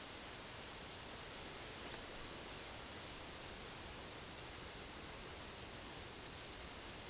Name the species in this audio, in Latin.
none